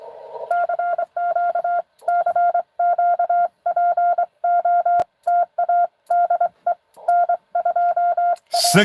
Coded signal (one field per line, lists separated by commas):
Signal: Morse code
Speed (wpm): 23 wpm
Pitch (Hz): 700 Hz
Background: none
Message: CQ CQ POTA DE N2A